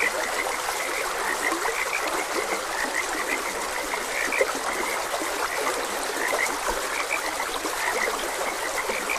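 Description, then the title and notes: Frogs calling in a chorus of short, bright chirping croaks scattered throughout, over a steady rushing stream. Frogs croaking beside a gentle stream. "Frogs Croaking. Sleep and Relaxation Podcast"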